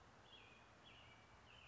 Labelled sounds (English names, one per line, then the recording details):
American Robin
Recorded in Sonoma County, California